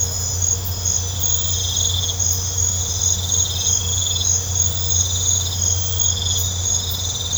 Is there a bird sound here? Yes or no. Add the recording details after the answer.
no. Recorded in pastures near Puerto Asís, Putumayo, Colombia, on 21 December 2024 at 21:00. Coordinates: 0.502, -76.324. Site G077